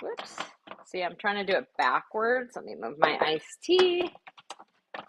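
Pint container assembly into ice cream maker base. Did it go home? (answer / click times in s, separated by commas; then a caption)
yes / 5.0 s. Someone talks while fitting the pint container and bowl assembly into a Ninja Creami ice cream maker base, first trying it backwards and then turning it around. Brief taps come at about 4.5 and 4.6 seconds, and the assembly clicks into place at 5.0 seconds, seated and locked.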